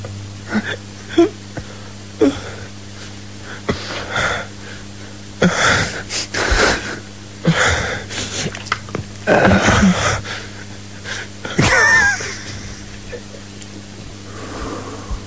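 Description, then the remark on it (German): Repeated rough coughing in several bursts, some in quick clusters with raspy, wheezy breaths between them, fairly loud over a steady low hum. No one speaks. “Du hust”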